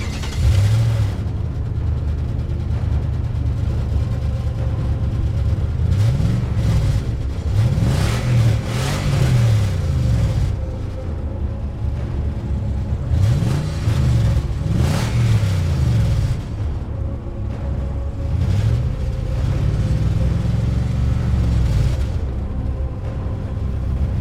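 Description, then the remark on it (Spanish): A loud car engine, started up in a narrow alley, rumbles continuously, its pitch rising and falling in repeated revving surges, with a steady low drone underneath and no voices. “Volví a la callejuela donde había dejado mi coche. Guardé la pala en el baúl, monté en él y arranqué el estruendoso motor.”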